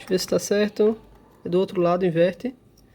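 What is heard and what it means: A SO-DIMM RAM stick is turned to the correct orientation and handled at the memory slot of an Acer Nitro V15 laptop while someone talks. Nothing has seated or clicked yet; there is only a faint tick near 2.8 s after the speech ends.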